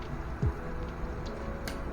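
A metal rivet gauge is pushed over the squeezed shop head of an aluminum rivet on a Vans RV-8 vertical stabilizer to check it. Under a low steady hum, a short, bright click at 1.7 s marks the gauge snapping on and seating firmly without moving.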